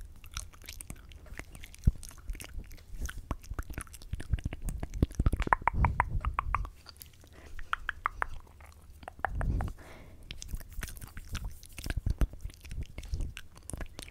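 Wet mouth sounds fill the clip: dense runs of quick clicks and smacks, with sharp tongue clicks popping out at irregular moments. A busier, fuller stretch comes around five to seven seconds, and a low soft rub stands out near nine seconds.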